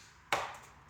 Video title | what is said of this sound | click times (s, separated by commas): Hart 5-Shelf Plastic Storage Shelf complete assembly setup installation and review | okay you to press it you should hear a click you have to apply a lot of force | 0.3 s